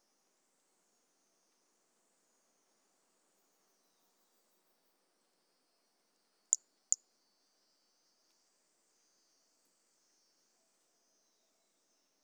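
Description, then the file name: High-pitched toadlet call of Brachycephalus mirissimus: a quick pair of sharp chirps under half a second apart, midway through otherwise near-silent audio. Recorded 18 January 2018; one individual (individual 04), later collected as a museum specimen. "Brachycephalus mirissimus 18 jan 2018 individual 04 ex 03 A E Confetti collected"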